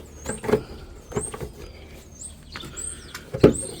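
The rear tail light assembly of a 2007 Lincoln MKX, put back after a blinker bulb replacement, is slid into the car body with its two tabs lined up with the holes, producing squeaky plastic sliding and small knocks. It is pushed home and snaps firmly into place with a sharp, loud click at 3.4 seconds, seated.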